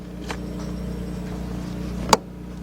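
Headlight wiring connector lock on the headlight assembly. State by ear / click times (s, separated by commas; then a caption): released / 2.1 s. The locking tab on the electrical connector of the left headlight assembly of a 2007 Volkswagen Passat 2.0 is slid back with a fingernail or small screwdriver. Against a steady low hum, there is a faint tick at about 0.3 s and then a sharp click at 2.1 s as the lock tab clicks open and releases the connector so it can be unplugged.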